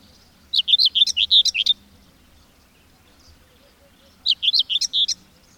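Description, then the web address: Bird song of quick, high, twittering notes in a run of about a second, then a pause and another shorter burst. "madarak enek"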